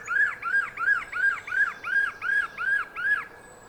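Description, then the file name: Common blackbird calls: a steady series of arched, down-curving notes repeated about three times a second, then stopping. "Turdus merula"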